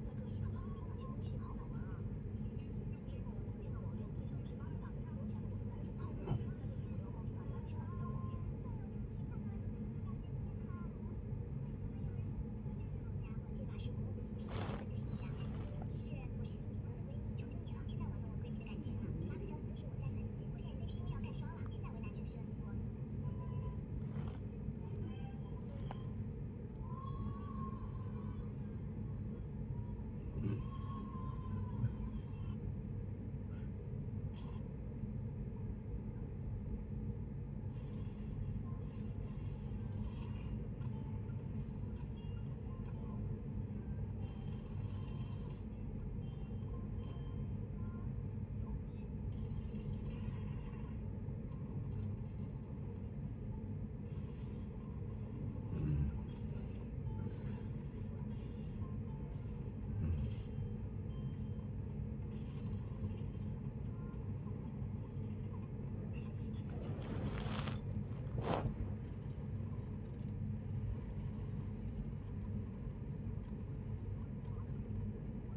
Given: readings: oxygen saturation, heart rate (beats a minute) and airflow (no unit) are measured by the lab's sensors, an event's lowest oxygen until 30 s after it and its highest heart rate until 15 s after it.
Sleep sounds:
a person awake in a sleep study, by a smartphone at the bedside; none
0.00-75.57 s: awake
0.00-75.57 s: awake
From the record:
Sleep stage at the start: awake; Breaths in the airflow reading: 26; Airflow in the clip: -0.7 to 0.7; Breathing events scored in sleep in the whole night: 496 in 5.4 hours asleep

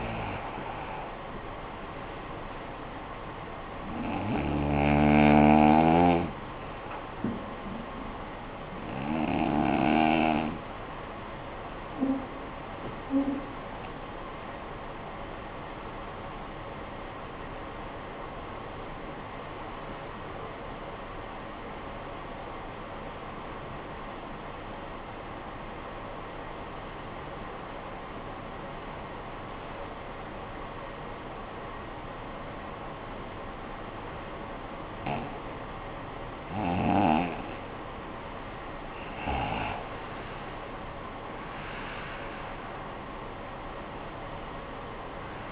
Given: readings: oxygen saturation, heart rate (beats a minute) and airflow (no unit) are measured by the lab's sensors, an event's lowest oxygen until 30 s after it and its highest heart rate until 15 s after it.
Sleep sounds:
breathing in sleep by a voice recorder at the bedside; 1
16.00-39.40 s: obstructive apnea (REM, oxygen 93% highest, then 71% lowest, heart rate 47 at the start, 63 highest)
From the record:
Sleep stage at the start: REM sleep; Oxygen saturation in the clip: 77 to 95%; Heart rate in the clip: 45 to 63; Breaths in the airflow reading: 5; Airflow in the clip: -18.5 to 18.4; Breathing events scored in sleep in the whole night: 445 in 7.6 hours asleep

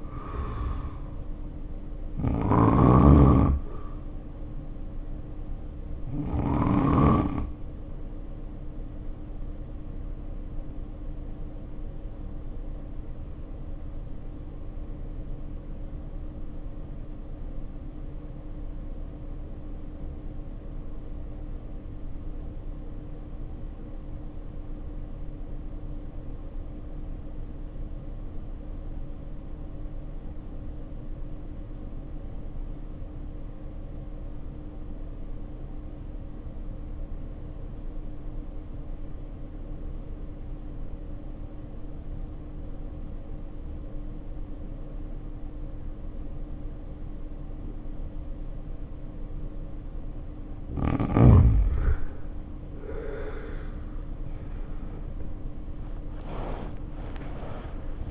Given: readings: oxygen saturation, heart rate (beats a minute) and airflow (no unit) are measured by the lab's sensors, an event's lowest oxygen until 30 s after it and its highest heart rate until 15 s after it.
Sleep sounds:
breathing in sleep by a smartphone at the bedside; 1
3.00-50.60 s: hypopnea (N1, oxygen 94% highest, then 66% lowest, heart rate 72 at the start, 86 highest)
57.00-58.11 s: new sleep stage, awake
From the record:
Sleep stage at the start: N1 (lightest sleep); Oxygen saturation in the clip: 70 to 94%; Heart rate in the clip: 50 to 81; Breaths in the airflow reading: 17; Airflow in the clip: -1.7 to 2.7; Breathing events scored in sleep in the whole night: 520 in 7.2 hours asleep

